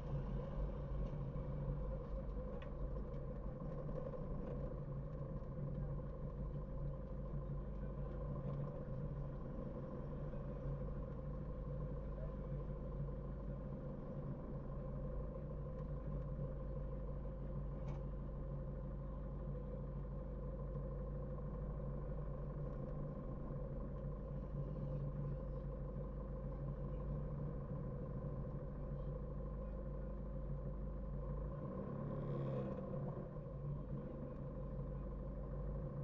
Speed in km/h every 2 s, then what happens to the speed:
10, 7, 5, 4, 3, 4, 3, 3, 3, 2, 1, 1, 3, 2, 2, 1, 0, 1.
0-6 slows to 4. 6-17 steady at about 3. 17-36 standing.